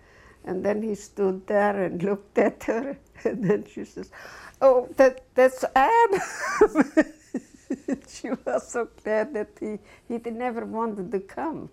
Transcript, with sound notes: And then he stood there and looked at her and then she says, "That's Adam." (She laughs.) She was so glad that, he never wanted to come.